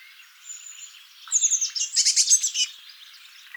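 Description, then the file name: Eurasian blue tit call: high thin piping notes run straight into a quick, scratchy churring chatter. "Cyanistes caeruleus"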